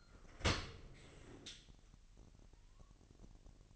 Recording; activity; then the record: daily activity, microphone in the room; open dishwasher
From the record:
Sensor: 4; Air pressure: 1001.4 hPa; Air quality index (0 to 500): 250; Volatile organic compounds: 44 ppm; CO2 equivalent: 3213 ppm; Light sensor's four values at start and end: 8/18/7/6 and 8/18/7/6